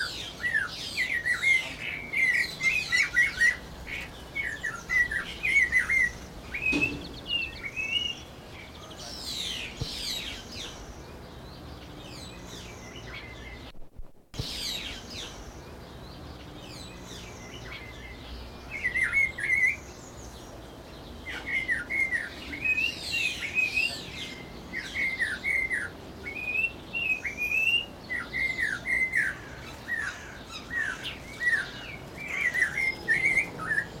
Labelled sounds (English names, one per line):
Guira Cuckoo